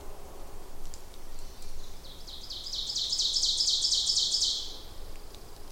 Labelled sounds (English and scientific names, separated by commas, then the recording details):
Ovenbird (Seiurus aurocapilla) song
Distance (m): 35 m
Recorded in boreal forest in Alberta, Canada, on 26 May 2016 at 07:16
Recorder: SongMeter 3, array SBT-3-15
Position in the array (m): 44 m, 223 m
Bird 20